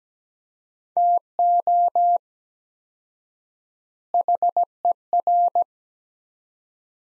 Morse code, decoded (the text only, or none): TO HER